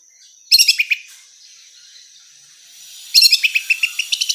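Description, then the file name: Orange-headed thrush calls: two quick bursts of sharp, chattering high notes separated by a pause, the second burst longer, over a faint steady high-pitched whine. Female bird. "suara burung anis merah betina"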